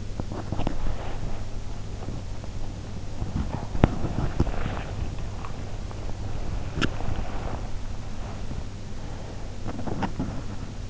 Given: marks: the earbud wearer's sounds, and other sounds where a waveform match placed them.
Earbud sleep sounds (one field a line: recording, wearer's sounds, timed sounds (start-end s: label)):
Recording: sounds in sleep by an in-ear microphone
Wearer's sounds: teeth grinding, breath, body movement, swallowing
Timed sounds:
0.00-1.06 s: teeth grinding
0.63-2.99 s: breath
3.12-5.09 s: teeth grinding
3.86-7.85 s: body movement
6.76-9.72 s: swallowing
9.59-10.90 s: teeth grinding